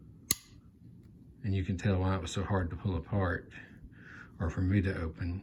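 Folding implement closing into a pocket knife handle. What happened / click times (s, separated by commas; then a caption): A spring-loaded folding implement snapped shut into its handle / 0.3 s. A stiff spring-loaded implement, apparently the corkscrew, is shut into the handle of an old stag-handled Robi Klaas Kissing Crane pocket knife multi-tool from Solingen, Germany. It closes with one sharp, loud snap at 0.3 s as it seats. Someone then talks about how hard it was to open.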